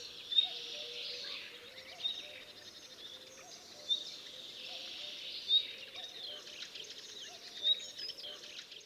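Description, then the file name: Common nightingale calls: short, sharp rising whistles repeated every one to two seconds over steady background noise and a low wavering tonal hum. "Luscinia megarhynchos"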